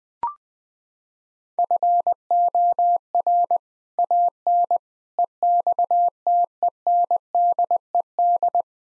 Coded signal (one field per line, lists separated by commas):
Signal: Morse code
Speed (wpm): 21 wpm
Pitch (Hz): 700 Hz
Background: none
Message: FOR AN EXTENDED